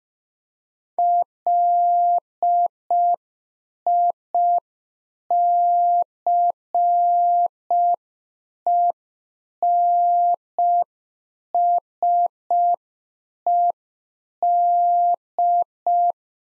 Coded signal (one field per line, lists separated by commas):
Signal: Morse code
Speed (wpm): 5 wpm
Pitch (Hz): 700 Hz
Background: none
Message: LICENSED